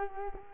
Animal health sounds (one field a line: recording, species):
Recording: mosquito wingbeat signal from an infrared sensor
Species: Culex quinquefasciatus